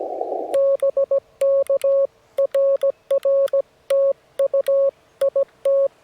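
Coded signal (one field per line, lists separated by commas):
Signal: Morse code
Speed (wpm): 17 wpm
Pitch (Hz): 550 Hz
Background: none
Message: BK RR TU IT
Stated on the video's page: Parks on the Air activation from a rare park, operating CW.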